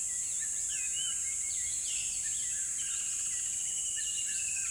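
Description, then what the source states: Chirping birds, a mix of short slurs and sustained whistled notes from several callers, over a persistent high hiss. Birds in a river bed at dawn, with chirping increasing.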